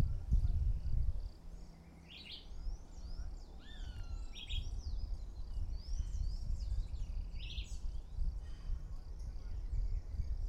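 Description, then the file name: Red-eyed vireo song: brief choppy phrases spaced a few seconds apart, a lower downslurred whistle in between, high twittering from other birds and low background rumble. Recorded at Nazaré on 21-09-13; local name juruviara. "Juruviara Vireo olivaceus. Nazare Pta"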